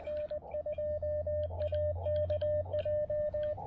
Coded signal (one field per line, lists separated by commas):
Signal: Morse code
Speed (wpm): 22 wpm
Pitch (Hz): 590 Hz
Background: radio noise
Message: N2AKJ